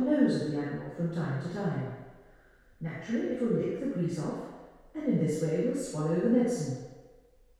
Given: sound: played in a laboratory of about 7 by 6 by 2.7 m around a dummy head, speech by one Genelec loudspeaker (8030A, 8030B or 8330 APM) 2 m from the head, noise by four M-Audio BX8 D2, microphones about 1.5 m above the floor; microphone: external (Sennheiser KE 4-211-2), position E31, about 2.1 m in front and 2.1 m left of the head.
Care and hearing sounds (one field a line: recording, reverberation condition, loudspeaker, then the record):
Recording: female speech in English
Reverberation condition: high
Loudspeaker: 60 degrees to the left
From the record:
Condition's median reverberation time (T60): about 1300 ms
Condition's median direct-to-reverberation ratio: about -4.0 dB